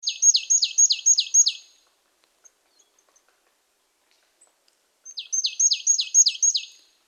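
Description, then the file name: Marsh tit calling: two bursts of about six quick, high notes, each sweeping sharply downward, separated by a few seconds of near silence. "poecile palustris"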